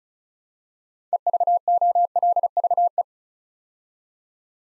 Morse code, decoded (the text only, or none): EVOLVE